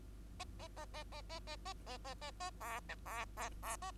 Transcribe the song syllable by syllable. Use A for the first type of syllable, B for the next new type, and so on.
A A A A A A A A A A A A B C B B B A